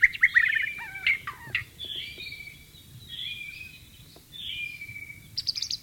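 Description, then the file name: White-rumped shama song with a fast trilled opening, then softer drawn-out whistles and a brief high burst at the end, amid steady background noise. "suara burung murai batu di alam liar"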